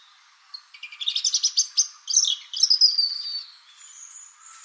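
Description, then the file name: European robin with a thin, high warbling phrase of quick twittering notes and tinkling trills, ending in a drawn-out high whistle. "Erithacus rubecula"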